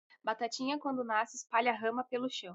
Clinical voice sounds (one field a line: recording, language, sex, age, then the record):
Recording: short text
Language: Brazilian Portuguese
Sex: female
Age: 20 to 29 years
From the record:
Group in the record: control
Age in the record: 23 years